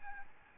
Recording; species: mosquito wingbeat signal from an infrared sensor; Aedes albopictus